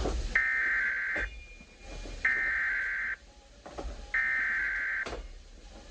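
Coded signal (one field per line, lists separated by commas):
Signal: Emergency Alert System (SAME) tones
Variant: header bursts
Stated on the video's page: Received EAS alerts.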